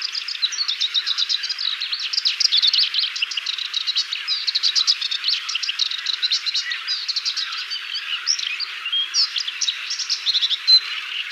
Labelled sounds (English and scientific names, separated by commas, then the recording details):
Moustached Warbler (Acrocephalus melanopogon) song
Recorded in the wild
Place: Damtschik/Wolgadelta, RU
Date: 1995-05-15
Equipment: Dat-Recorder Casio DA 7, Telinga DAT, Telinga-Parabolspiegel
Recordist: Schwarz, Dieter
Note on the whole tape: Song